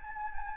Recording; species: mosquito wingbeat signal from an infrared sensor; Anopheles gambiae